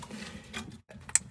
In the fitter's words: it until it clicks now you're all set up so you can see when you turn the key on